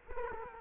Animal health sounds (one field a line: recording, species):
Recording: mosquito wingbeat signal from an infrared sensor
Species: Culex quinquefasciatus